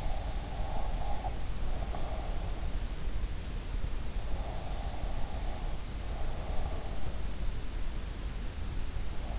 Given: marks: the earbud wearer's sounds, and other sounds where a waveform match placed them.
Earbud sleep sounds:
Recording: sounds in sleep by an in-ear microphone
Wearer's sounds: breath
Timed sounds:
0.00-2.42 s: breath
4.27-7.38 s: breath

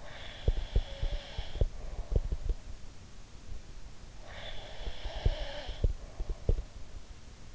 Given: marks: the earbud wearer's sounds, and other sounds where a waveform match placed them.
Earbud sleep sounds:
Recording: sounds in sleep by an in-ear microphone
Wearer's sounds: breath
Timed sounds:
0.00-2.44 s: breath
4.27-6.68 s: breath
4.75-6.67 s: sound from someone else or the room

